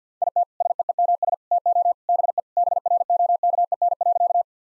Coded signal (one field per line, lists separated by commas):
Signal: Morse code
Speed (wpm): 50 wpm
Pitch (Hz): 700 Hz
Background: none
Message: IT SEEMS TO BE BROKEN.